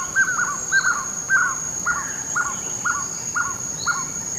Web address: Natures Songs S America Eastern Lowlands Trogon violaceus, duet